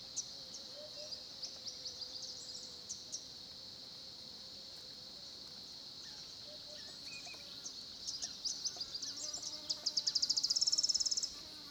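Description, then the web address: Crickets in a constant high buzzing trill, with a louder rapid pulsed chirp near the end. Background chorus of South African crickets at a small pond, Kruger National Park near the Olifants, South Africa, 10:30 am. "Tonschliff - SOUTH AFRICAN CRICKETS BG South Africa Kruger Olifants 1030 am small pond"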